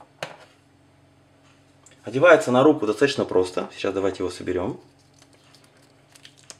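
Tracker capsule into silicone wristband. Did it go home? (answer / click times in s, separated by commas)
no / none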